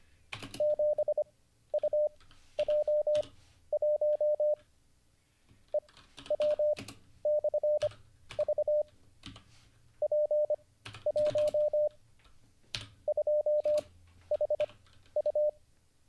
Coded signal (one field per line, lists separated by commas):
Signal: Morse code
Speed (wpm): 25 wpm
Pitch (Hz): 600 Hz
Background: none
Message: 7UJ1 EW/V P1 2HU